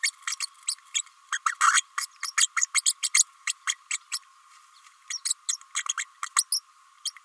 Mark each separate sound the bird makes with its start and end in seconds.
0.03-0.11, 0.27-0.35, 0.40-0.46, 0.67-0.74, 0.94-1.02, 1.32-1.38, 1.46-1.54, 1.61-1.83, 1.98-2.06, 2.23-2.32, 2.37-2.47, 2.56-2.65, 2.74-2.81, 2.86-2.93, 3.02-3.09, 3.14-3.23, 3.47-3.53, 3.67-3.75, 3.91-3.98, 4.12-4.18, 5.10-5.20, 5.25-5.33, 5.48-5.57, 5.75-5.82, 5.89-5.93, 5.97-6.05, 6.23-6.26, 6.36-6.44, 6.52-6.60, 7.05-7.10